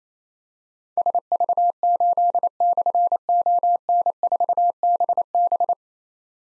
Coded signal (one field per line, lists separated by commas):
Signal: Morse code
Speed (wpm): 28 wpm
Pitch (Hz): 700 Hz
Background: none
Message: SV8/ON4BB